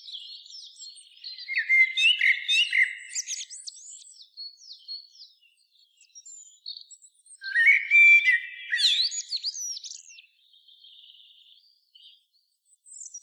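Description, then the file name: Common blackbird song: loud melodious warbled phrases with shrill twittered endings, two phrases about six seconds apart, separated by quieter soft twitters. "Turdus merula"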